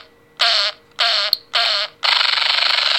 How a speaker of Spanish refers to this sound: Si lo dejo normal, mira... Sonará así, tío. Ahora el pedo tiene varios tonos.